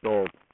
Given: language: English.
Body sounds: throat vibration sensor signal played as sound; speech

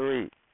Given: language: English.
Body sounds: throat vibration sensor signal played as sound; speech

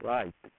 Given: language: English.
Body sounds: throat vibration sensor signal played as sound; speech

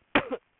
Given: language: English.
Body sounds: throat vibration sensor signal played as sound; cough

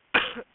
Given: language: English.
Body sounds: throat vibration sensor signal played as sound; cough

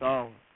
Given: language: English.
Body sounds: throat vibration sensor signal played as sound; speech

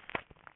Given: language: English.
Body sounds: throat vibration sensor signal played as sound; swallow

